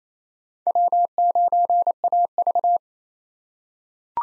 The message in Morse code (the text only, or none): W9AV